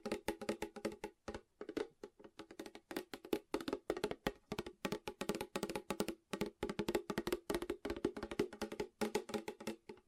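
Fast tapping runs through the whole ten seconds in quick, mostly even bursts, each tap a sharp click with a bright, crisp edge over a woody middle. The rhythm stays dense, with only a few brief pauses, such as one near the 1.5 second mark.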